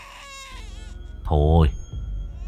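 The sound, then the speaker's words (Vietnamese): A shrill baby's cry rings out at night in a mountain ravine in one loud, high wail that rises and falls, preceded by softer, wavering whimpers and trailing off into quieter fussing. “Tiếng trẻ con khóc choe choé vang lên trong khe núi.”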